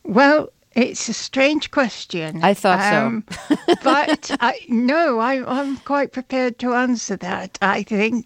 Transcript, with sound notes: Well, it's a strange question.
I thought so.
(LAUGHTER) But no, I'm quite prepared to answer that, I think.